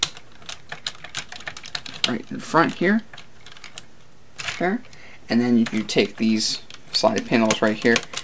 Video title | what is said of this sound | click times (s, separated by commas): Retro Monday: RID Ultra Magnus (2001) | flip the panel forward till it clicks | 0.0 s